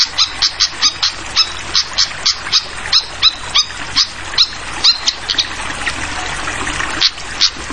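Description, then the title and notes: Flycatcher sounds as a steady run of crisp high chip notes, backed by flowing water. Masteran (tutoring) of clear-voiced flycatcher song mixed with trickling water, for training songbirds. "Masteran Sikatan Kipas Suara Jernih Dan Suara Gemericik Air. Suara Burung Sikatan Londo"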